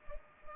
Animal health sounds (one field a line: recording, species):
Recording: mosquito wingbeat signal from an infrared sensor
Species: Culex pipiens